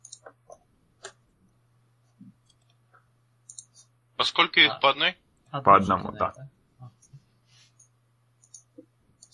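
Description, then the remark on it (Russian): White and black dice clatter in scattered light clicks and taps during a role-playing game, sparse and uneven, before and after a short stretch of two people talking. “Кидайте белые фишки, белые кубики.”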